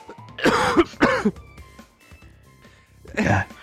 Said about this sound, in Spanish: Escúchame, llevo todo el puto día sin ataques de tos y llevo a la... Madre mía, no puedo ni respirar.